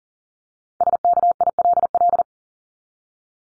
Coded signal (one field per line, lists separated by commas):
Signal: Morse code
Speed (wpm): 40 wpm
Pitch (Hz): 700 Hz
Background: none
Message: SKILL